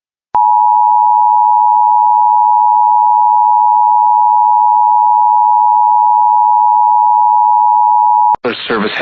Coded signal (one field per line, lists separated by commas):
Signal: Emergency Alert System (SAME) tones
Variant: 853 and 960 Hz attention tone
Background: speech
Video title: And now SVA (EAS 107)